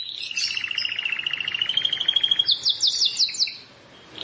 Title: Ciblek Sawah